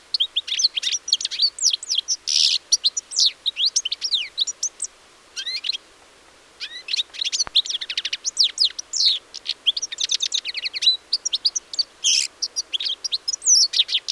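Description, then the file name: European Goldfinch song, a long continuous twittering of quick high notes, trills and nasal buzzes, briefly pausing midway before resuming. "Carduelis carduelis"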